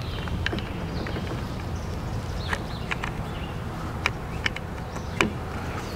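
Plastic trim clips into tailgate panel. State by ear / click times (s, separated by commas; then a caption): seated / 4.1 s, 4.5 s, 5.2 s. Plastic trim clips on the inner tailgate panel of a Honda Ridgeline are pushed home over a steady low rumble, with a sharp tick near 0.5 s and a few fainter taps. Crisp snaps at 4.1, 4.5 and 5.2 seconds mark the clips popping in, and the panel is seated.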